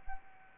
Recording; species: mosquito wingbeat signal from an infrared sensor; Anopheles arabiensis